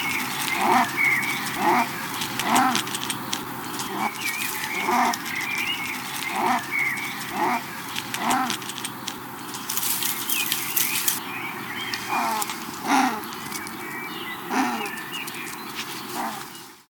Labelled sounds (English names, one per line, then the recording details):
Yellow Mongoose
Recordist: Tembrock, Günter
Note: Paar: Kurzlaute